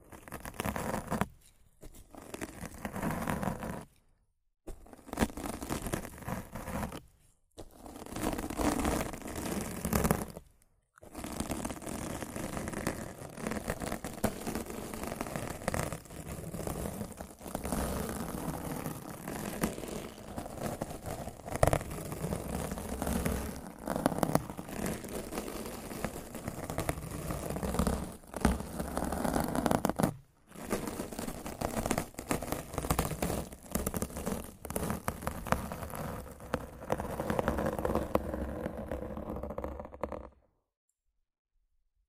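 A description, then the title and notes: Rough mic scratching and brushing, dense and gritty, starting and stopping in bursts with brief silent gaps, then going quiet near the end. Rough Mic Scratching & Brushing (No Talking).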